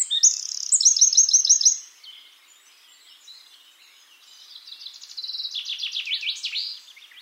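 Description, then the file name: Eurasian wren singing a rapid, high-pitched burst of sharp notes and fast rattling trills for about two seconds, then a quieter stretch before a second, softer trilled phrase. "Troglodytes troglodytes"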